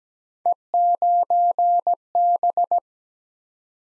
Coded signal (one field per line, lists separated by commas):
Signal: Morse code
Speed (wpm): 17 wpm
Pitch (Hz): 700 Hz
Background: none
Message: E9B